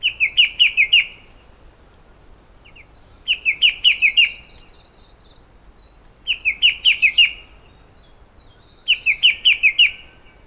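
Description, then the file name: Blyth's shrike-babbler delivering bursts of five or six bright, sharp notes roughly every three seconds, with quieter twittering in the pauses. "shrike-babbler-blyth Pteruthius-aeralatus"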